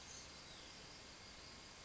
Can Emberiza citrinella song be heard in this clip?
no